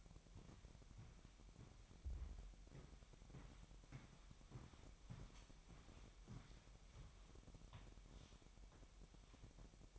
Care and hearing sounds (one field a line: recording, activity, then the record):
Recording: daily activity, microphone in the room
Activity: walk to room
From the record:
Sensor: 1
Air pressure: 1012.2 hPa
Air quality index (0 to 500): 204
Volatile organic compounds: 4 ppm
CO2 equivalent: 1638 ppm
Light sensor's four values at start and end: 77/183/77/81 and 75/177/75/79